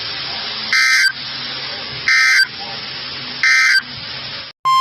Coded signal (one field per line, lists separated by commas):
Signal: Emergency Alert System (SAME) tones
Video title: Severe Thunderstorm Warnings + 70 mph Wind gusts in Rockford, IL 6/24/23-6/25/23 (EAS 164-180)